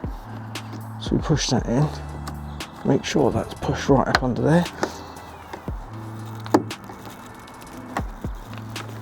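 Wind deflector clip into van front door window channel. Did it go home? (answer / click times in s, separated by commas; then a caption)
yes / 6.5 s. A plastic Climair wind deflector is pushed up into the front door window channel of a VW T6.1 Kombi van while someone talks. A loud, sharp click at 6.6 seconds marks its retaining clip snapping home, and the deflector is seated.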